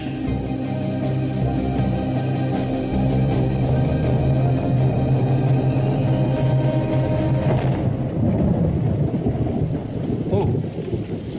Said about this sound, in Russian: Нет, слышал гром. Это дурное предзнаменование. Брось ты, гром, дерево, скала. Дружище, это природа, а не знамение.